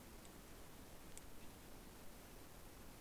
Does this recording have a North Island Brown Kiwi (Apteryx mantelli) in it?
no